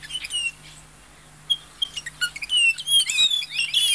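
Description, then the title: Bay-winged cowbird song: several birds give varied whistled and chattering notes, rising and falling, building into a busy overlapping jumble toward the end, over a faint low steady hum. Lives in small groups of seven or eight birds; groups are often heard singing together, sounding like an orchestra tuning its instruments; male and female look alike. "Museo de Ciencias de Bahía Blanca. Tordo Músico"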